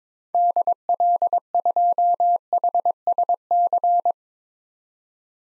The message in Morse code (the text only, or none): DL2HSC